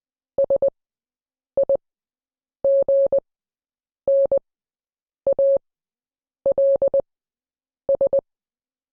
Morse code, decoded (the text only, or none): SIGNALS